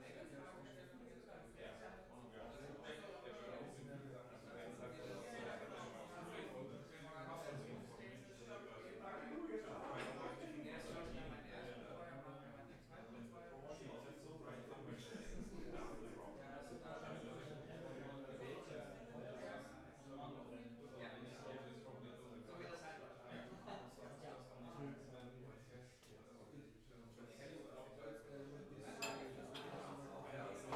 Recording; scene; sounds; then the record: everyday scene through a hearing-aid microphone; many people talking; many voices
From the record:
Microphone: behind the ear, left, rear